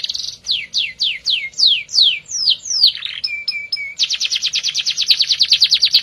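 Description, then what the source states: Canary song of repeated downslurred whistles, a few short flat tones, then a quick, even rolling trill. Domestic canary, F1 bird; used as therapy to prompt a canary that has stopped singing (Indonesian: kenari macet).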